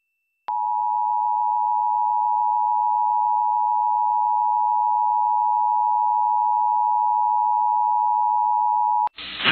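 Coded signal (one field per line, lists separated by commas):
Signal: Emergency Alert System (SAME) tones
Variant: 853 and 960 Hz attention tone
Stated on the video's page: Required Monthly Tests from NWS Spokane for the Great Shakeout drill, relayed by NOAA Weather Radio, FM stream and TV via satellite receiver.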